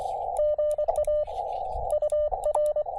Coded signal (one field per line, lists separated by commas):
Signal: Morse code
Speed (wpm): 24 wpm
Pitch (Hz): 600 Hz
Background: radio noise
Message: GA UR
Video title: SOTA/POTA at Sugar Hill State Forest